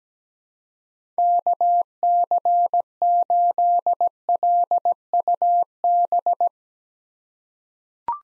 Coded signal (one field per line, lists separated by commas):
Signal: Morse code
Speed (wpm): 17 wpm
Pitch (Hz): 700 Hz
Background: none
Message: KC8LUB